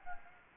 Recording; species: mosquito wingbeat signal from an infrared sensor; Anopheles gambiae